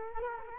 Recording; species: mosquito wingbeat signal from an infrared sensor; Culex quinquefasciatus